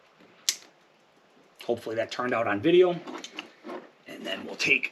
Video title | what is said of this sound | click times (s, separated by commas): JB4 with Bluetooth Option...Install/1st Drive Impression...2022 Toyota Tundra TRD Pro | you should hear a click | 0.5 s